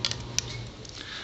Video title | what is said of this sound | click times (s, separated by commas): Video Two - EVGA P55 Motherboard and Alienware Chassis | there's kind of snap into place | 0.1 s, 0.4 s